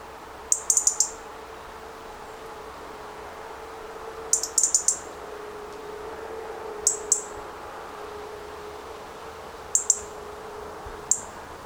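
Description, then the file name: European robin giving high, sharp ticking calls singly or in short bursts of up to four, repeated every few seconds, with a low steady background hum. "Erithacus rubecula"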